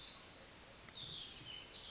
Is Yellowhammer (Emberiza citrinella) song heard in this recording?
no